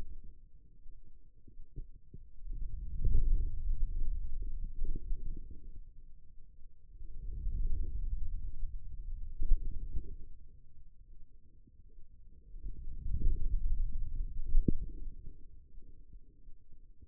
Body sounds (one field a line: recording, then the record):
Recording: forearm muscle sounds (acoustic myography)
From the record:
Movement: hand closing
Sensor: system 2, bracelet of six BSWA MPA416 microphones around the upper forearm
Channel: 4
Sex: male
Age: 22 years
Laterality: right